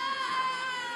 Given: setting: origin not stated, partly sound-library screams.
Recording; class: one-second piece from a danger detection set; woman in danger